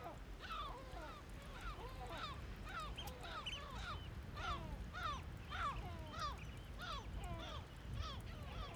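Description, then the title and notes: Gulls calling in a busy overlapping chorus, many short downslurred mewing notes from several birds, with a low steady rumble of running water beneath. Calm gulls in flight, Bøur, Faroe Islands; very quiet setting with a small trickle of water nearby; recorded with Sonosax SX-M2D2 and iPhone AudioShare, ORTF DPA microphones in Cinela Albert. "Ballet de mouettes, calmes, 3HWW+78 Bøur, Îles Féroé. Ballet de mouettes en vol Féroé. sonore très calme avec ballet de mouettes calmes, et petit ruissellement à proximité"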